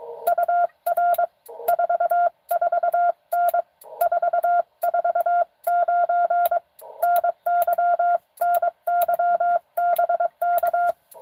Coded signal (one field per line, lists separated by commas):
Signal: Morse code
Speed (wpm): 22 wpm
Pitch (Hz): 690 Hz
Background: none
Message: UR 44N 449 NY NY BK